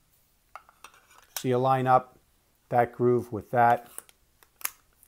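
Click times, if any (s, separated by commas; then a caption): 4.6 s. The battery cover of a Kamrytech AK-47 200W TC vape mod is lined up by its groove and slid back on while someone talks. Small handling taps come early, near 0.6 and 0.9 s. A sharp click at 4.7 s marks the cover latching into place.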